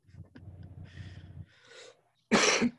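Low background rumble and faint sounds, then one loud, harsh cough burst from an adult.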